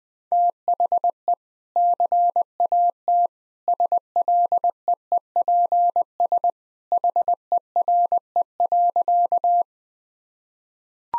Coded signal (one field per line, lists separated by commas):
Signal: Morse code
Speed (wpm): 20 wpm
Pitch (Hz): 700 Hz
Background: none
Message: THE CAT SLEEPS HERE.